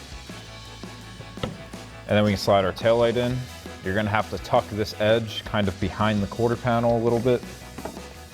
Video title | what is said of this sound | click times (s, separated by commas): 2024-2026 Mustang Euro Style RGB Sequential LED Tail Lights Review & Install | Get that in place, and then just work it in until it clicks in there. | 1.4 s